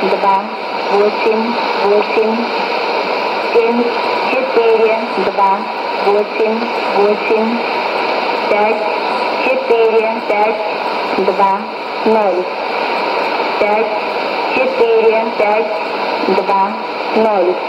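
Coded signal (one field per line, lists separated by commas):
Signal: numbers station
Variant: S06s, Russian female voice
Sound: female voice reading short repeated words over band-limited shortwave radio hiss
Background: radio static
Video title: 08 10 2019 S06s Russian Lady numbers station in Russian to Eu 0745 on 11560 unknown tx site USB+AM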